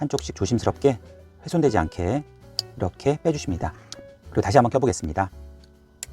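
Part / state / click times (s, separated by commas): prescription lens insert clip into ski goggle frame / seated / 6.0 s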